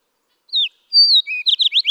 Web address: birdsongforthecurious songs Fox Sparrow